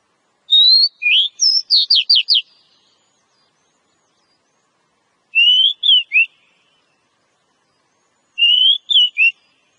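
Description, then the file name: Oriental magpie-robin song: clear whistled phrases around high pitch, a rapid run of slurred notes near the start, then two shorter whistled phrases about three seconds apart; quiet background. Female. "Suara kacer betina"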